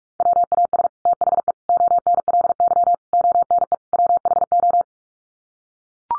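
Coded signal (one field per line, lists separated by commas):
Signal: Morse code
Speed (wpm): 44 wpm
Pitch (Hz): 700 Hz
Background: none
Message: WAS THE ONLY ONE WHO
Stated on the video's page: Morse head-copy drill of common five-word English groups at 45 wpm, each set sent twice.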